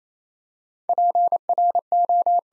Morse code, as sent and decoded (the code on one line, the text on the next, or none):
.--. .-. ---
PRO